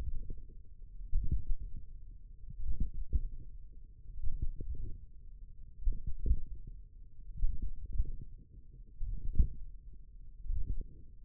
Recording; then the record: forearm muscle sounds (acoustic myography)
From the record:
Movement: tripod grip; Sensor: system 1, eight BSWA MPA416 microphones around the upper forearm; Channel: 3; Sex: female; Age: 21 years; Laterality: right